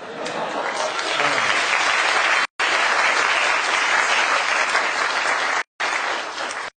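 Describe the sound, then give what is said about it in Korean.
A crowd applauds steadily, a dense, even wash of clapping that holds at a loud level with two brief gaps, and no one speaks over it. “근데 우리 여러분들 박수도 쳐주고 하니까 여기서 아예 출전식을 할까요?”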